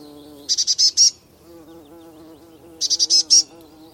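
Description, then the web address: Eurasian blue tit giving two bursts of five quick, buzzy high notes about two seconds apart, with a soft low hum. "Deverinetal Bird Only Cy Ca"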